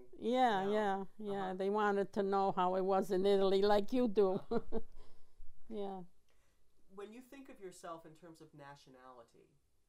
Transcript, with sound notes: Yeah, yeah. Yeah, they wanted to know how it was in Italy. Like you do. ( she laughs ) Yeah.
When you think of yourself in terms of nationality,